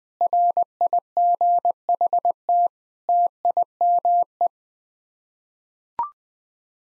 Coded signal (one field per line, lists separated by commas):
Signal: Morse code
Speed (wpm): 20 wpm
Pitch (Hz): 700 Hz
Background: none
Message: RIGHT TIME